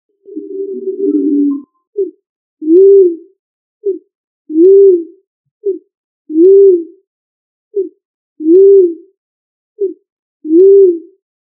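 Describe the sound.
Pigeon cooing, a long rough opening coo, then five pairs of a short low note followed by a fuller rising-and-falling coo, about every two seconds.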